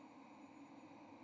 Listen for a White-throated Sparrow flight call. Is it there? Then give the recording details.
no. No flight call is heard. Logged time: 10:11 on 30 October 2014